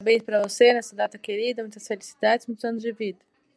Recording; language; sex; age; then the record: short text; Brazilian Portuguese; female; 30 to 39 years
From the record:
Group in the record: control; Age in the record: 31 years